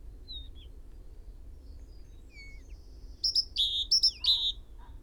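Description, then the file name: Great tit song: faint thin whistles first, then a loud burst of alternating high and lower notes near the end. "Parus major"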